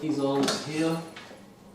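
A fold-out holder for a solar shower bag, fitted to the side rack of a camper van, is handled and pulled out with metallic rattling and scraping while someone talks. The clip ends before it reaches its locked position, so nothing has seated or clicked yet.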